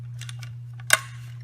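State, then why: Seated. A folding stock on a paintball marker is folded into its compact position at the receiver hinge, and it locks in place with a sharp snap at 0.9 seconds. Faint ticks and small handling clicks come before and after it over a steady low hum. The stock is confirmed seated in its locked position.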